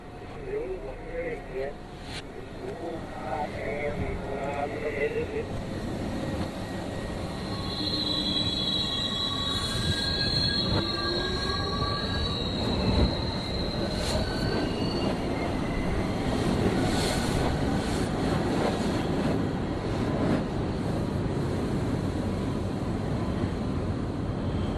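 A subway train on the 3 line between Clark Street and Atlantic Avenue in Brooklyn rumbles along with a dense, steady roar that grows louder after the first few seconds. High metallic wheel squeals and whines come and go, most prominently from around 8 to 18 seconds.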